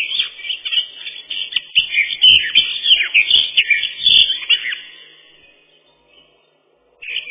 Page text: Славка-черноголовка — Sylvia atricapilla